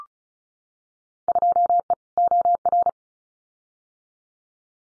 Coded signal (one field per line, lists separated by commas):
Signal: Morse code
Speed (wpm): 36 wpm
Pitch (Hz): 700 Hz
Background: none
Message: 2E OR